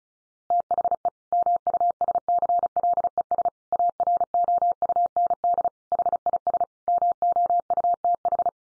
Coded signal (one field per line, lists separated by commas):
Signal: Morse code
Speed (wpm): 34 wpm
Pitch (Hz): 700 Hz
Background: none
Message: THE MUSCLES AROUND HIS MOUTH